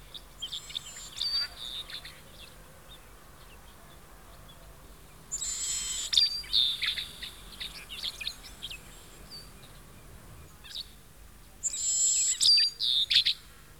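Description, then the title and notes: White-browed blackbird giving harsh, buzzy song phrases in three bursts a few seconds apart, each a rasping buzz mixed with scratchy chirps, over a steady low background hiss. Abundant in the Bahía Blanca area, Argentina, in open grassland with shrubs; feeds on insects from the ground; nests hidden in grassland; song harsh with nasal resonances. "Museo de Ciencias de Bahía Blanca. Pecho Colorado (Leistes superciliaris). Su canto es áspero, con resonancias nasales"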